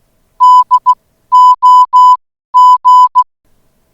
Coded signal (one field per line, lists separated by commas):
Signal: Morse code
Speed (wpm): 16 wpm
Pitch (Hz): 1000 Hz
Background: music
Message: DOG